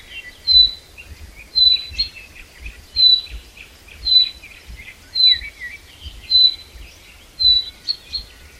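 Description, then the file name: Common chaffinch calls, a short bright high note repeated about once a second, with softer lower twittering between the notes. "Fringilla coelebs"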